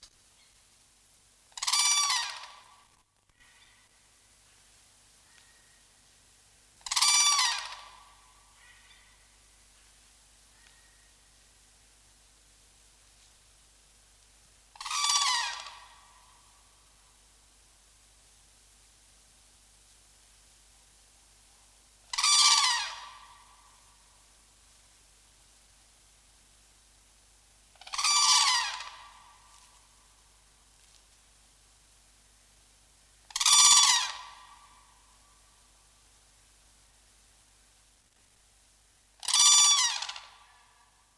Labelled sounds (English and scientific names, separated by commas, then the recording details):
Red-crowned Crane (Grus japonensis) call
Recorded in captivity
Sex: pair
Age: adult
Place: Tiergarten Nürnberg, Bayern, DE
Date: 1998-11-12 18:00
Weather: bedeckt, ca. 1°C
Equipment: Sony MD-WM MZ-R3, Sennheiser MKH 416 T, Kopie Uher 4000 Report Monitor
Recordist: Tembrock, Günter
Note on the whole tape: Paar-Rufen